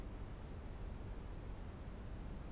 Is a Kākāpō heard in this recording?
no